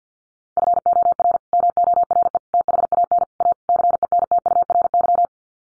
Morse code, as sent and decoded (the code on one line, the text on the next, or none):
..-. --- .-. / -- --- .-. . / - .... .- -. / .- / -.-. . -. - ..- .-. -.--
FOR MORE THAN A CENTURY